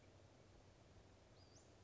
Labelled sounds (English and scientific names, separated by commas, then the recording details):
Western Flycatcher (Empidonax difficilis)
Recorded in Sonoma County, California